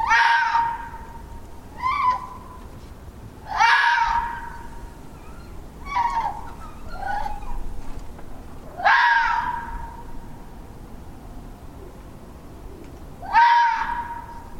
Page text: PowersFlowers. Fox calls at midnight. #Fox #Wildlife #UrbanWildlife #Ireland #DunLaoghaire